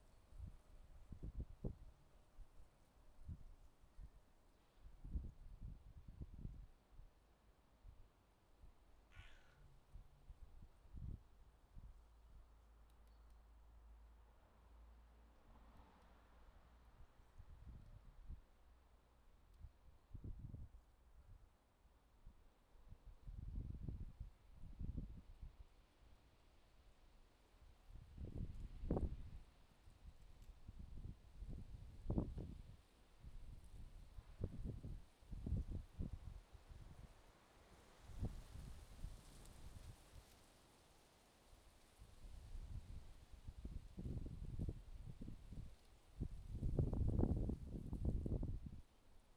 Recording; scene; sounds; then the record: everyday scene through a hearing-aid microphone; wind on the microphone; wind, traffic, birds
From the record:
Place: suburban garden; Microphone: in the ear canal, left